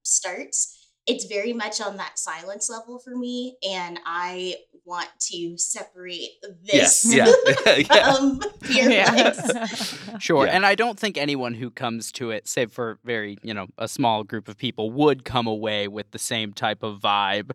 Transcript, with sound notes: starts, it’s very much on that Silence level for me, and I want to separate this. [laughter]
Yeah, sure. And I don’t think anyone who comes to it, save for a very, a small group of people would come away with the same type of vibe.